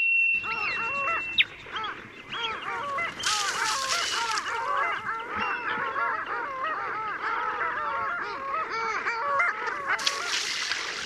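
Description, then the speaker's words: Long-tailed Duck flock calling: a dense chorus of nasal, arched, yodelling notes from many birds, continuous throughout, with bursts of hissing noise. Breeding in the Arctic far north, where the species is not rare. "So klingt's im hohen Norden, wo die dort gar nicht so seltene Eisente brütet."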